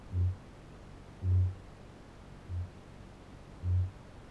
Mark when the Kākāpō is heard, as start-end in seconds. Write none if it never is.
0.00-4.30